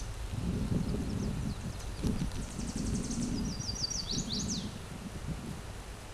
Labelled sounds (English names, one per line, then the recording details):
Chestnut-sided Warbler song
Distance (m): 25 m
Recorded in a Pennsylvania forest on 17 May 2023 at 12:02
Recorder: AudioMoth, point grid1_37_low
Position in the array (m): 86 m, 211 m